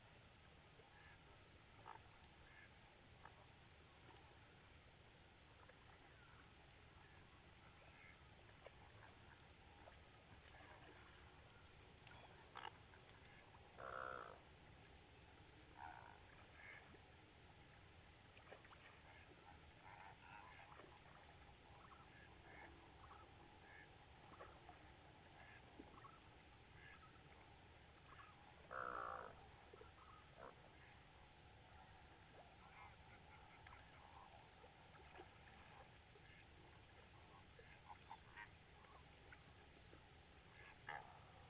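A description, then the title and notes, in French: Greater flamingos feed quietly in shallow water, with occasional short, nasal honks and chatter scattered through the scene and two clearer calls near 14 and 29 seconds. A steady, high insect buzz runs throughout over a low, constant outdoor rumble. 23h10 - Etang de Vaccares - Camargue - Nagra seven - B&K - omni. Installé pour la nuit sur le bord de l'étang, la nuit est d'un calme étonnant pour la Camargue. Pas un souffle de vent et une superbe ambiance de Flamant rose ( Phoenicopterus ruber ). Tranquillement de l'eau à mi-pattes ils se nourrissent en discutant parfois.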